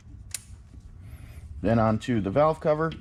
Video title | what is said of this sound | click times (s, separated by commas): J&L Oil Separator Co. 2020-2022 Ford Mustang GT500 Install 3054P | connect to the fitting on the supercharger you'll hear it click | 0.3 s